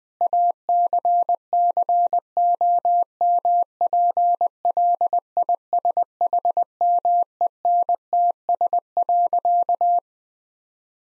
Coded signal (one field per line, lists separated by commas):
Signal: Morse code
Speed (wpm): 21 wpm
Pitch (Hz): 700 Hz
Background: none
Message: ACCOMPLISHMENTS.